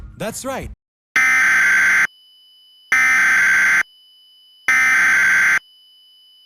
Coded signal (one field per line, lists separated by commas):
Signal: Emergency Alert System (SAME) tones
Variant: header bursts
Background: speech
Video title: Minecraft Attack 5: The End (an EAS Scenario)